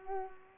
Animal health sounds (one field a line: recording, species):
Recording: mosquito wingbeat signal from an infrared sensor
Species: Culex pipiens